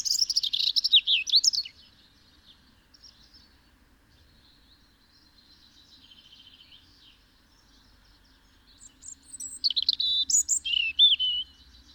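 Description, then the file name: European robin song with a tumbling phrase of high warbles, a soft quiet gap, then another phrase of thin whistles and downslurred notes. "Erithacus rubecula"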